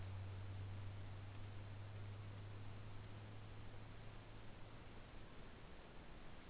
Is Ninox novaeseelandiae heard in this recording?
no